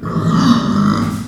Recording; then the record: squeal of a Yucatan mini pig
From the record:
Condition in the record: after surgery on the right vocal fold (resection and tissue-engineered implant); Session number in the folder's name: 12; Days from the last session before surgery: 105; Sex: female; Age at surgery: 19 weeks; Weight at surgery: 25 kg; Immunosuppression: prednisolone